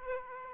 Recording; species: mosquito wingbeat signal from an infrared sensor; Aedes aegypti